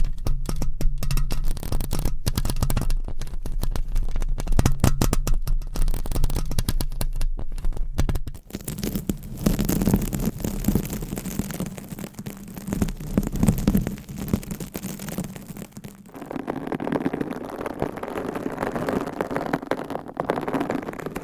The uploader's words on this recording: ASMR with 200 MICS! Different Mic Covers & Nails Mic Scratching , Massage & More No Talking.